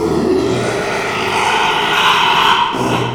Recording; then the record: squeal of a Yucatan mini pig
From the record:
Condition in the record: after surgery on the right vocal fold (resection and tissue-engineered implant); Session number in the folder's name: 1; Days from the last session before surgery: 6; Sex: male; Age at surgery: 12 weeks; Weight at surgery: 13 kg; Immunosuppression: cyclosporine, prednisolone